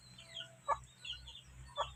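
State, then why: Not seated. A wiring connector on a Mio Sporty motorcycle harness, during a full-wave conversion, is lined up with the mating white-wire connector and pushed together. Short chicken-like clucking bursts are heard around 0.7 s and 1.8 s over a low background hum. Nothing has seated or clicked yet: the connector fails to lock.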